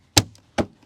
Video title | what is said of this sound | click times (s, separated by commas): Rivian R1S Build Quality | it seems like it's snapping you hear it snap but | 0.2 s